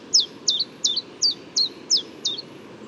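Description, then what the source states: Common chiffchaff singing seven high, downslurred notes at a steady pace, about two or three each second, over a soft low rumble. Newly arrived migrant; morning, Bois de Vincennes, 6 April 2018.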